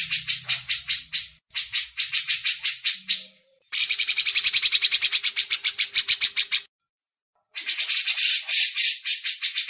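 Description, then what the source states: Grey-cheeked bulbul in rapid harsh chattering series, four bursts of buzzy pulses broken by short silences. Masteran training recording.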